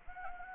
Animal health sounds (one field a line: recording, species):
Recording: mosquito wingbeat signal from an infrared sensor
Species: Anopheles gambiae